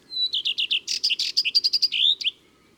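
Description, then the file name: Common redstart song: a clear whistled opening note, then a run of quick slurred notes and a squeaky, varied twitter with a rising whistle near the end, over faint low background noise. Recorded in April. "Avril Le Rougequeue a front blanc"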